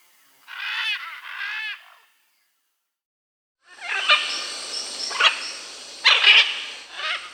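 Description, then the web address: Blue-and-yellow macaw calls: two grating, harmonic squawks, a pause of silence, then a run of rougher, broken screeches. Bolivia and Peru, Amazon region. "Birds of the Amazon. Blue-and-yellow Macaw (Ara ararauna), Bolivia, Peru"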